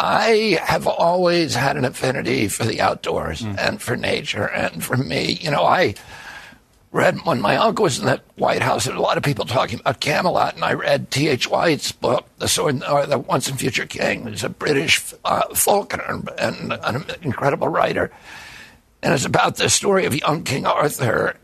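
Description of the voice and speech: Adult male speaking with spasmodic dysphonia (spasmodic dystonia): a gravelly voice, because neurological signals make the vocal cords tighten up all the time. The neurological disorder followed an injury at age 42, before which his voice was very strong. Surgery in Kyoto, Japan, about 8 months earlier made the voice more reliable, and using the voice does not weaken it.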